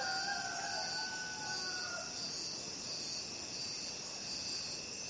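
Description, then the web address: Crickets in a steady, high, shimmering trill chorus with faint pulsing; a lower, drawn-out tonal call slides down and fades over the first two seconds. Recorded at night. "the-sound-pack-tree -night crickets"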